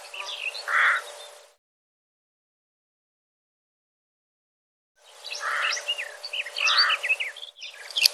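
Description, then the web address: Bird calls: a soft rounded low note with faint high chirps, a silent gap, then more rounded notes mixed with quick twittering chirps. "cianscape birddata Deverinetal"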